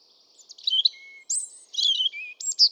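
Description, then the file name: European robin song: thin high warbled phrases with a level pure whistle, ending in a loud, bright high note. "Erithacus rubecula"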